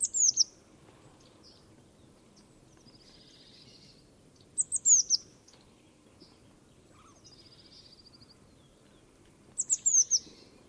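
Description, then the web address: Bird calls: bursts of three or four high, sharp down-slurred chirps every few seconds, with softer buzzy trills between them over a low hum. "cianscape. Deverinetal 2025. Bird Only"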